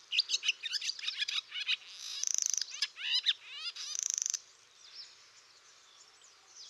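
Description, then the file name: Barn swallow twittering, a fast run of sharp chirps and chattering notes broken by two dry buzzy rattles, then fading to faint twitters. "dymowka"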